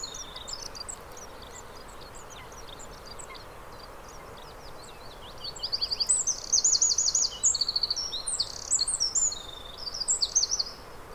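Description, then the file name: Eurasian wren singing: faint high chips at first, then loud, very high, rapid trilled phrases in bursts during the second half. "Troglodytes troglodytes"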